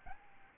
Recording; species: mosquito wingbeat signal from an infrared sensor; Aedes albopictus